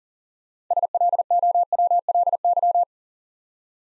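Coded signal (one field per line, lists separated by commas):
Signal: Morse code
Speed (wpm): 42 wpm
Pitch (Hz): 700 Hz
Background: none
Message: SLOWLY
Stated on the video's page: Morse practice at 40 wpm: first three letters spoken, then the six-letter word sent, spoken, and sent again.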